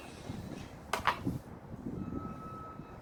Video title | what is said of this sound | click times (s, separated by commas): EASY SET UP & USE OF THE RYOBI PRESSURE WASHER // Efficiently Clean Your Patio, Car & Driveway! | You put it on. And then you step on it. Did you hear that click? | 0.9 s, 1.1 s